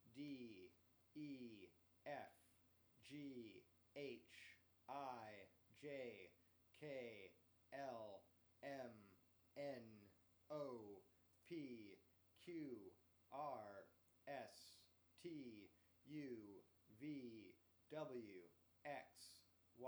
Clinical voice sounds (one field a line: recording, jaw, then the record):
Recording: letters of the alphabet, spoken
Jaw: free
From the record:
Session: first day, before the bite bar